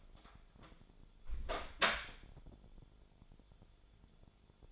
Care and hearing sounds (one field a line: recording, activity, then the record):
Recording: daily activity, microphone in the room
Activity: close door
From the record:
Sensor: 5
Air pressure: 1015.3 hPa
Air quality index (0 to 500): 219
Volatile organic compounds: 12 ppm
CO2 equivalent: 2377 ppm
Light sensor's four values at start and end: 35/80/32/31 and 35/80/32/31